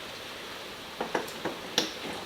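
While an aftermarket taillight is reinstalled on a base F-150 pickup, plastic bulb sockets and harness pieces are clicked back into the light housing, with a few small plastic snaps and rattles at about 1.0, 1.2 and 1.5 seconds. A sharp, bright click at 1.8 seconds marks the bulb socket and harness clip seating in the taillight housing.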